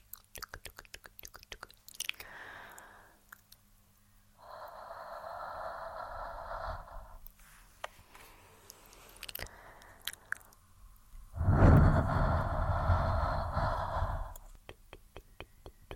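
Breathy exhales fog a lens, with two long, hushed breaths around five to seven seconds and again from about eleven to fourteen seconds, the second louder. Between them come soft mouth clicks, sharp little taps and quieter short breaths.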